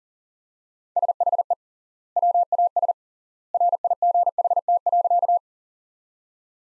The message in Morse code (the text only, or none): SHE WAS RIGHT.